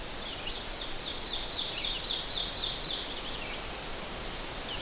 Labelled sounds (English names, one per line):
Ovenbird song